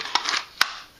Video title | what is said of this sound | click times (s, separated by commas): VR to The Peck's 2A America Cold Weather Carry Gun Challenge | I've got my tension set to where I want it snaps into place it is very secure it is not gonna fall out | 0.6 s